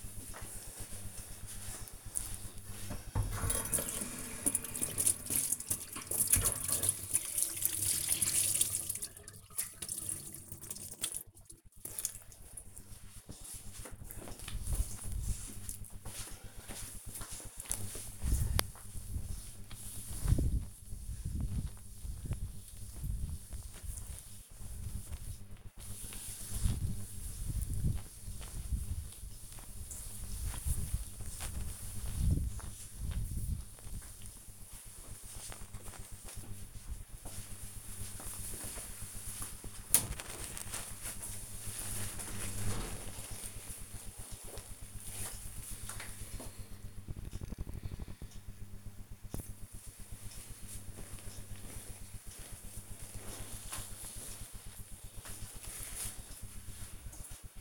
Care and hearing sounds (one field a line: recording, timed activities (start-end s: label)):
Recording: household activities, microphone on the right wrist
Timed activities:
3.07-35.27 s: cleaning table